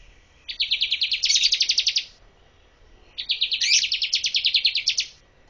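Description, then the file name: Bar-winged prinia producing two bursts of rapid, chattering high-pitched notes. Each burst lasts under two seconds and is separated by a brief quiet pause. "suara ciblek kurawa"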